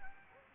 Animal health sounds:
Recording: mosquito wingbeat signal from an infrared sensor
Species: Anopheles gambiae

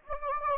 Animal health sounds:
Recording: mosquito wingbeat signal from an infrared sensor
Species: Anopheles gambiae

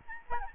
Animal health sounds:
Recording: mosquito wingbeat signal from an infrared sensor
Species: Aedes albopictus

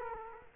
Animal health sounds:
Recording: mosquito wingbeat signal from an infrared sensor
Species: Culex quinquefasciatus

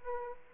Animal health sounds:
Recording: mosquito wingbeat signal from an infrared sensor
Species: Aedes aegypti

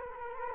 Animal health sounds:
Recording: mosquito wingbeat signal from an infrared sensor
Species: Culex quinquefasciatus

